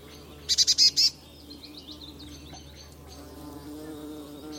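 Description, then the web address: Eurasian blue tit giving one brief burst of five rapid, buzzy high-pitched notes, followed by quiet background hum. "Deverinetal Bird Only Cy Ca"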